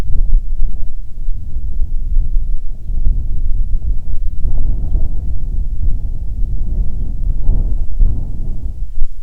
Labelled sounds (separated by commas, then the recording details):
bird, wind
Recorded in the Prudhoe Bay oil fields, Alaska, on 7 August 2019 at 14:32
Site 17